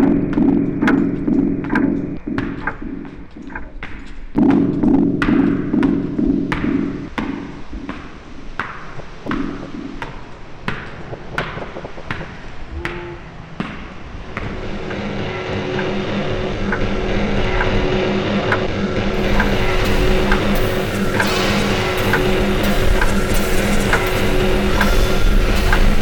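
Adult heart heard by stethoscope, with extra heart sounds (optional sounds).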